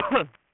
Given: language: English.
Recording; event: throat vibration sensor signal played as sound; cough